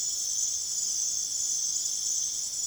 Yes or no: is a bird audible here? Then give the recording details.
no. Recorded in secondary vegetation near Puerto Asís, Putumayo, Colombia, on 23 June 2025 at 23:30. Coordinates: 0.489, -76.322. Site G021